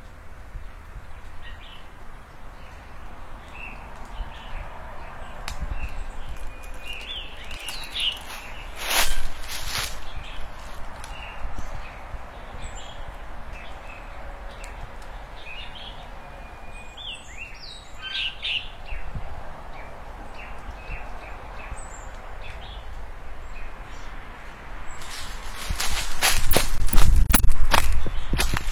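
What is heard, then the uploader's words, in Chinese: Morning outdoors in front of a village house, with small birds chirping and twittering in scattered bursts throughout. A few sharp knocks or footsteps land around 9 seconds, and a louder cluster of clattering sounds fills the last few seconds over a steady low background hum. 小鸟叽叽咂咂互相嬉闹着。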